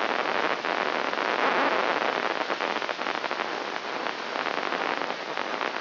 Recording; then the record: brain microelectrode recording played as sound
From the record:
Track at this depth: outside the subthalamic nucleus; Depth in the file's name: -0.284 mm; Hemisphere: left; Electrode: 3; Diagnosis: Parkinson's disease